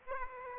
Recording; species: mosquito wingbeat signal from an infrared sensor; Aedes aegypti